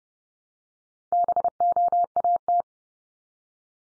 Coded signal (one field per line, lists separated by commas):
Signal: Morse code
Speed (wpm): 30 wpm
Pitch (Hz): 700 Hz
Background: none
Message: BOAT